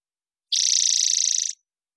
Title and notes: Spotted Towhee Song. Spotted Towhee, Pipilo maculatus. Recorded in the beautiful Pacific Northwest, Washington, United States